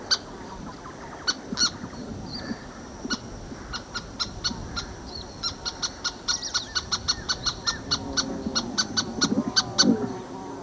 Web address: Natures Songs S America Eastern Lowlands Sternula superciliaris, flight calls